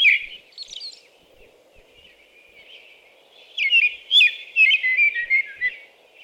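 American robin song: soft phrases at first, a quieter stretch, then a louder run of warbled, slurred whistles near the end.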